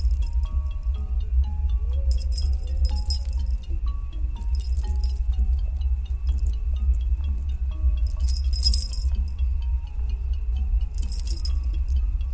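A female ghost sings a wavering, slow lullaby melody over a constant deep rumbling drone and a thin steady high tone. Bright jingling, chime-like shimmers flare up every few seconds, around 2, 4.5, 8 and 11 seconds.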